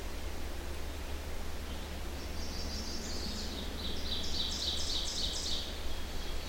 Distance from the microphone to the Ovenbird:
about 45 m